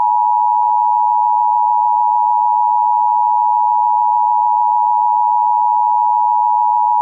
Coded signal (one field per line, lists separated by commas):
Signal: Emergency Alert System (SAME) tones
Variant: 853 and 960 Hz attention tone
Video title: EAS Scenario #20 | Train Derail